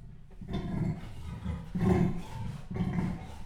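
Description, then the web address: Leopard rasping call, three coarse low grunts about one second apart, each a harsh sawing stroke over a steady low rumble. Male leopard, captive in a zoo in Jászberény, recorded in 2016. "jaszberenyizoo 2016 professzionalis leopard"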